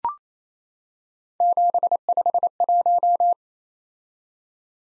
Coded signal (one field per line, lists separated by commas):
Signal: Morse code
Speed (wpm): 29 wpm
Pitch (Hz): 700 Hz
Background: none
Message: 751